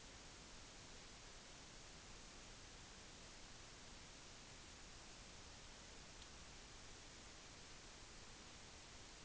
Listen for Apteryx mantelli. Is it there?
no